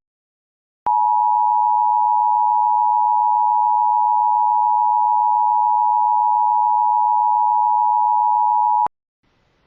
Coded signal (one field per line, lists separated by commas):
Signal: Emergency Alert System (SAME) tones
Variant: 853 and 960 Hz attention tone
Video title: (RARE) CONFIRMED TORNADO WARNING EAS 8/17/25